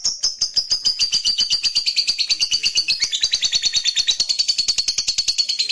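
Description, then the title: Lovebird song: a continuous rapid trill of shrill buzzy notes that slides slightly lower in pitch. "Suara Lovebird"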